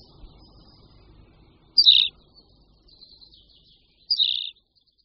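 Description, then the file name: Tawny pipit giving two quieter chirped song notes a couple of seconds apart, with faint buzzy traces between them. "Linduška-úhorní"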